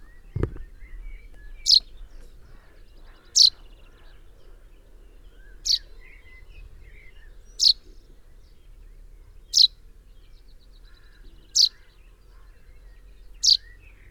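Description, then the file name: Common chaffinch repeating a single short, piercing call about every two seconds, seven times, after a brief low thump at the start; soft background noise. "Fringilla coelebs"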